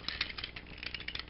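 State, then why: Not seated. Two adjacent plastic articulation joints on a limb of a combining toy robot are moved back and forth, giving a quick series of light rattling clicks and clatters over about 1.3 seconds while someone talks. The joints fail to snap into position well, and nothing has seated or clicked into place yet.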